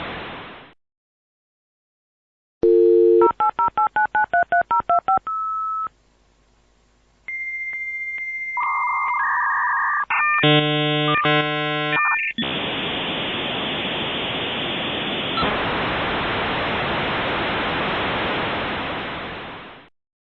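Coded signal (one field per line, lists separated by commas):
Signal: dial-up modem handshake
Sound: dial tone, about ten quick touch-tone digits, steady beeps, warbling tones, then loud rushing hiss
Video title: Modem Sound Effect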